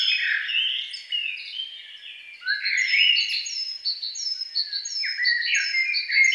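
Songbird song of tangled warbles and chirps, with a series of short repeated high whistled notes.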